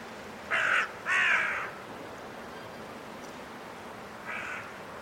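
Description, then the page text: Carrion crow: two loud rasping caws in quick succession, then quiet wind and one softer caw near the end. Five carrion crows calling in trees before roosting, during blustery force 6 wind, in winter at Woodchester Park, Gloucestershire. "A group of five Carrion Crows in the trees, before roosting, during a blustery force 6 wind. Recorded in winter at Woodchester Park, Gloucestershire by Richard Margoschis. British Library"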